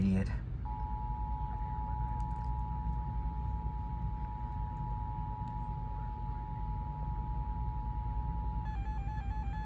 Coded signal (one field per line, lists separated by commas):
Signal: Emergency Alert System (SAME) tones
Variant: 853 and 960 Hz attention tone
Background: speech, music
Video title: (EAS #2,691 - #2,708) LET’S TRY THIS AGAIN - EAS Alerts from 4/14/26 - 4/15/26